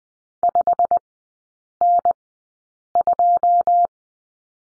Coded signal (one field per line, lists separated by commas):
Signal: Morse code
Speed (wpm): 20 wpm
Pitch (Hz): 700 Hz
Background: none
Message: 5N2